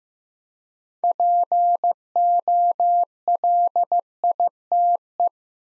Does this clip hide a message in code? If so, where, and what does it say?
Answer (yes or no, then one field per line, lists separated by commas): yes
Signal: Morse code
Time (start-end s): 1.0-5.3 s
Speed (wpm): 15 wpm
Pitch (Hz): 700 Hz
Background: none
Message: POLITE